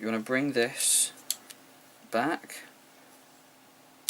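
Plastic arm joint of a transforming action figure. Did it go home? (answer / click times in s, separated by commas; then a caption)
yes / 4.1 s. Someone talks while the plastic arm of a Generations Voyager Blitzwing transforming action figure is brought back and then forward, with a couple of small ticks at about 1.3 and 1.5 seconds. At 4.1 s the arm joint gives a sharp click as it seats into its locked position.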